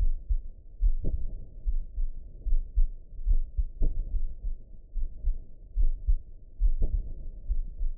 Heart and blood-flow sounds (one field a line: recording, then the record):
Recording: heart sounds by optical stethoscope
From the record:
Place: pulmonary valve (PV)